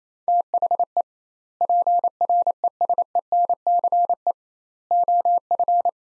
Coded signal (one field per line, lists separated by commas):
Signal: Morse code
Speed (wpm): 28 wpm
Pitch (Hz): 700 Hz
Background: none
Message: THE PRESENCE OF